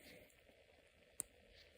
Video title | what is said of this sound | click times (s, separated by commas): Sewor Tourbillon – Tourbillon‑Style Luxury Watch (Unboxing & Review | A nice clicking down mechanism as well. | 1.2 s